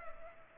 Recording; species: mosquito wingbeat signal from an infrared sensor; Culex pipiens